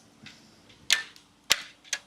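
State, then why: Torque reached. A torque wrench tightens an aluminum conductor lug on a new HVAC fused disconnect to 35 inch-pounds. Sharp metallic ticks sound at about 0.9 s and 1.9 s, and the loudest, crisp click comes at 1.5 s. That click is the wrench reaching its setting, so the lug is torqued to spec.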